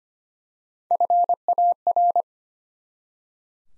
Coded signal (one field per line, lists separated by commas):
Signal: Morse code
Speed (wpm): 25 wpm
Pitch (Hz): 700 Hz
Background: none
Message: FAR